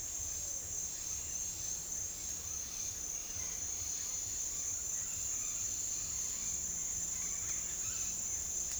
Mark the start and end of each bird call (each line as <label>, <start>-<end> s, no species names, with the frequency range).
bird call (1.1-3.5 kHz), 4.91-8.07 s